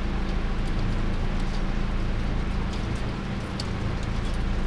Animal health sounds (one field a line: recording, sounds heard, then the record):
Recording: poultry house recording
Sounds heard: no chicken sound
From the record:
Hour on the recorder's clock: 2